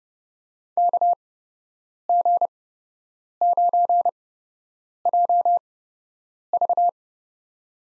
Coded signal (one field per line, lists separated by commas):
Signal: Morse code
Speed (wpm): 30 wpm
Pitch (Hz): 700 Hz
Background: none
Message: KG9JV